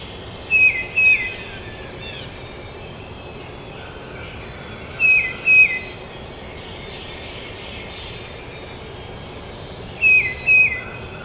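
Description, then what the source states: Tufted titmouse giving paired, downward-slurred whistles, three phrases about four to five seconds apart, with faint background hiss. Recorded at Trempealeau on 12 May 2018.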